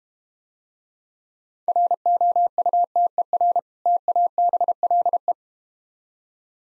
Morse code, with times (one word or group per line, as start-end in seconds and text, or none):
1.7-3.6 ROUTER
3.9-5.3 TABLE